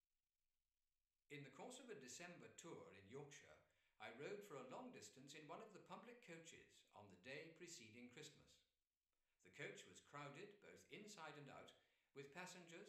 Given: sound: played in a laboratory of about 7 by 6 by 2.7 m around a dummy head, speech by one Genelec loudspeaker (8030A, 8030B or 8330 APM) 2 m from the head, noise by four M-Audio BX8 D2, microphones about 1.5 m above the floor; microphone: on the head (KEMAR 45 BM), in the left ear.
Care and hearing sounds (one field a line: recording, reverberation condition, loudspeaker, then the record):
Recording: male speech in English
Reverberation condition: medium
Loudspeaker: 90 degrees to the left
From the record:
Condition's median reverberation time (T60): about 510 ms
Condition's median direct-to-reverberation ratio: about -0.5 dB